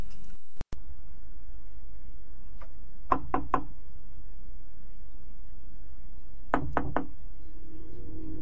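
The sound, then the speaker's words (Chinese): Someone raps on a door at night in two quick bursts, three sharp knocks and then a pause before four more, loud and hollow against a quiet, low hum. “平生不作亏心事，夜半敲门也不惊。”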